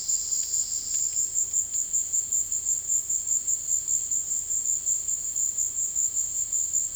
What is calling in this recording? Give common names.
none